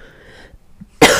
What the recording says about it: I'm starting to get really stuffed up, and I can tell the sound of my voice. I can tell that I sound like I'm stuffed up. I keep coughing.